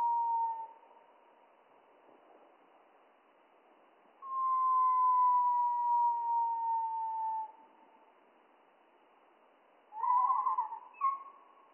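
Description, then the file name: Spotted flycatcher song, slowed: a fading tone, a long falling whistle of about three seconds, then two short warbled, quavering notes near the end. Song slowed down by three octaves, mono recording. "GOBE MOUCHE GRIS MOINS TROIS OCTAVES MONO"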